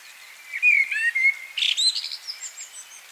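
Common blackbird calling with thin whistled slurs and a bright, scratchy burst in the middle, then softer twittering notes trailing off, with a faint steady hiss behind.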